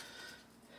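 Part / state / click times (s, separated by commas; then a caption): expansion slot cover clamp into PC workstation case / not seated / none. A tool-less expansion slot cover clamp on a PC workstation case is being brought down over the graphics card brackets to lock them in place. Only a faint, steady hiss of handling noise is heard, fading slightly across the 0.8 seconds, with no distinct click. Nothing has seated or clicked yet.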